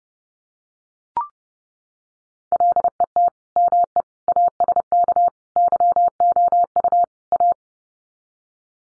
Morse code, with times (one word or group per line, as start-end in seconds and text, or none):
2.5-3.3 LET
3.6-4.0 ME
4.3-5.3 ASK
5.6-7.0 YOU
7.3-7.5 A